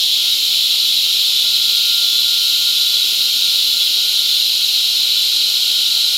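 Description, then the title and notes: Loud steady cicada buzz, hissing and even, with a clear thin whistle-like tone held right throughout. Cicadas mating, La Convención, Peru. "Apareamiento De Cigarras La Convención Peru by Alejandro Cornejo Montibeller"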